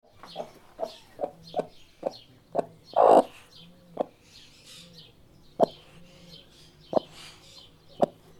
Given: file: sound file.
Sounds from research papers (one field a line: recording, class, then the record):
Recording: poultry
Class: laying eggs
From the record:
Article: Edge intelligence for poultry welfare: Utilizing tiny machine learning neural network processors for vocalization analysis